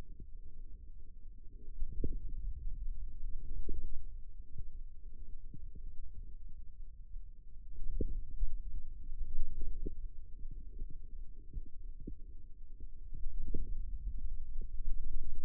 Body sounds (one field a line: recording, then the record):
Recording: forearm muscle sounds (acoustic myography)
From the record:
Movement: ulnar deviation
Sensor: system 2, bracelet of six BSWA MPA416 microphones around the upper forearm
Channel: 1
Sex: male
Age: 22 years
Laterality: right